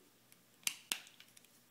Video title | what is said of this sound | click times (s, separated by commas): Transformers Prime Megatron | wing angles and snaps into place uh the heel goes back | 0.7 s, 0.9 s